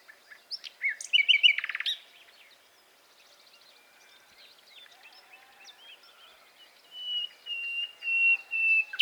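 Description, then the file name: Common nightingale song: a loud, rapid, buzzy burst of repeated notes, a quieter pause, then a series of loud, thin, whistled notes. "Luscinia megarhynchos"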